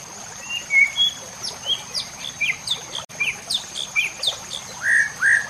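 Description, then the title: White-rumped shama giving clear slurred whistles and quick high chirps in a lively, changing sequence, ending in two loud rich whistles, with a steady high hum. Masteran training recording played to teach caged birds. "MURAI BATU LABAIK"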